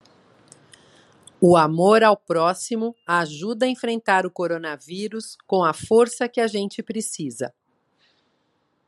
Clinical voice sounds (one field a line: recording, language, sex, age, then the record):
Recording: spoken sentence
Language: Brazilian Portuguese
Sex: female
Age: 50 to 59 years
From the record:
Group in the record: control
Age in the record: 57 years